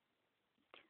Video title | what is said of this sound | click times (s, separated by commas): K'nex Bayonnet Tutorial | then you do your last bit and it clicks in place | 0.7 s